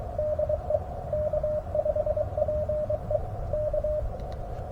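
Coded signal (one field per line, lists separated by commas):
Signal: Morse code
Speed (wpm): 20 wpm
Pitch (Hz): 610 Hz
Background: none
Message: DE K5PE K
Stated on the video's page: Backyard POTA hunting with a newly unboxed G90 and Cobwebb antenna on 20 m and 15 m.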